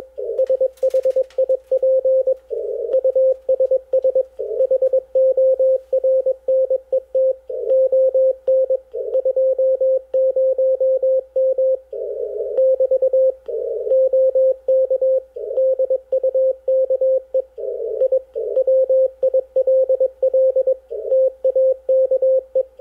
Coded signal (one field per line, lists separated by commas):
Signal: Morse code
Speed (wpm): 21 wpm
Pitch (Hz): 520 Hz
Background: radio noise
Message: SHIP USS HORNET ON 20M <BT> OK DUKE I WILL TAKE